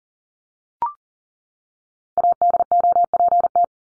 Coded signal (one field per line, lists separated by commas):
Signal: Morse code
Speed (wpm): 40 wpm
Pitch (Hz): 700 Hz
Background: none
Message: ADOPT